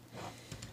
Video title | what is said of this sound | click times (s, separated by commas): studio series review - 66 overload | fold up the wheel until it snaps in place | 0.6 s